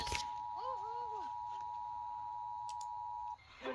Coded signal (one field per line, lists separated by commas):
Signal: Emergency Alert System (SAME) tones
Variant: 853 and 960 Hz attention tone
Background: speech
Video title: Tornado Warning EAS#379